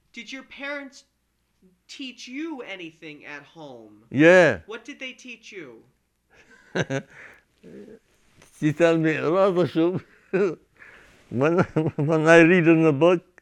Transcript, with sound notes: Did your parents teach you anything at home?
Yeah.
What did they teach you?
(chuckles) They tell me. When I - when I read in the book